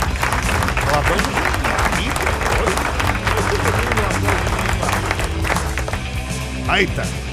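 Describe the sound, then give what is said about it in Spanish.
A dense, steady applause sound effect of a crowd fills the whole stretch, many hands clapping at once with cheering voices mixed in, holding loud throughout before easing slightly near the end. “¿Dónde están los aplausos?”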